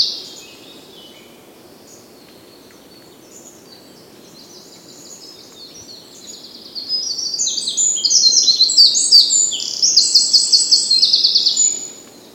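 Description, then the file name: Eurasian wren song after a long, mostly quiet stretch: a vigorous, very high run of trills and sharp notes lasting around five seconds, then silence. "Troglodytes troglodytes"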